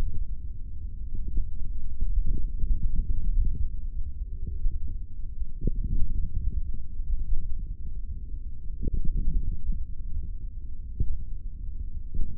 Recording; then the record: forearm muscle sounds (acoustic myography)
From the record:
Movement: hand opening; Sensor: system 3, bracelet of six PUI Audio POM-2738L microphones around the upper forearm, with dedicated amplification and filtering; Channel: 6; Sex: male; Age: 23 years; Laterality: right